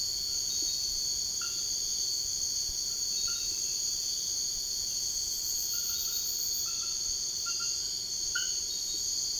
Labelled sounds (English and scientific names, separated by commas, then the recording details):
none
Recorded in secondary vegetation near Puerto Asís, Putumayo, Colombia, on 13 March 2025 at 02:00
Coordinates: 0.488, -76.319
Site G095